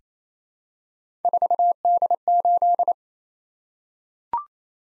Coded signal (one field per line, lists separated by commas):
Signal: Morse code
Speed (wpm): 27 wpm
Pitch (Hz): 700 Hz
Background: none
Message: 4D8